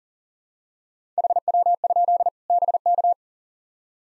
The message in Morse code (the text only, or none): HW? BK